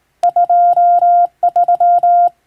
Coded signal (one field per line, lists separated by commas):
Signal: Morse code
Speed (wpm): 21 wpm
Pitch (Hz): 700 Hz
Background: none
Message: 23